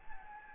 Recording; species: mosquito wingbeat signal from an infrared sensor; Anopheles gambiae